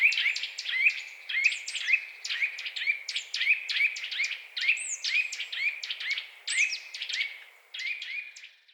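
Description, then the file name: Eurasian nuthatch giving quick repeated piping whistles in an even series, with some longer looping notes mixed in, continuing throughout. "Sitta europaea"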